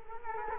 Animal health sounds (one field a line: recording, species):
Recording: mosquito wingbeat signal from an infrared sensor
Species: Culex quinquefasciatus